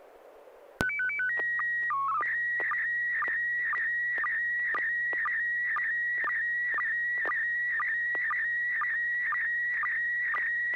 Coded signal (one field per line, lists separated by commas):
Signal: SSTV (slow-scan television)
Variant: PD 120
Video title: N6NA SSTV Net - 03/10/2021